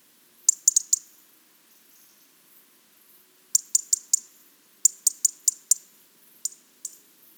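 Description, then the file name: European robin giving sharp ticking calls, grouped in runs of four to six crisp clicks, ending with two single ticks; otherwise quiet. "Erithacus rubecula"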